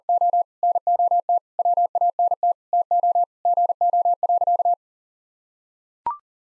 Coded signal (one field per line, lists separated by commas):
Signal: Morse code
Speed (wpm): 40 wpm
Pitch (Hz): 700 Hz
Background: none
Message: O NOT WANT TO GO.